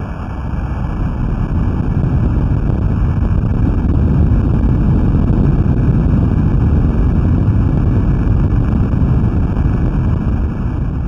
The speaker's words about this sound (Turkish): Şimdi aynı sesi bir de su altındaki mikrofonlarla, yani hidrofonlarla yapılan kayıttan dinleyelim yine 11 Mart 2011 Japonya depreminin, bu sefer deniz altındaki sesi.